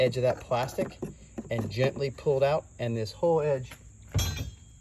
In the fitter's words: this whole side right here just pops right out so it pops right out